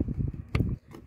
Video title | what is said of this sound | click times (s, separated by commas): How to change Head Light Bulbs on a Seat Leon 2012 I Very fast and very easy | you should hear a click and then the upper one which is over here and | 0.6 s